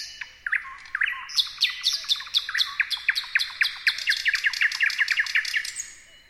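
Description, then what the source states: Thrush nightingale song: a long, rapid series of sharp clicking notes with higher whistled elements above. Several thrush nightingales singing together.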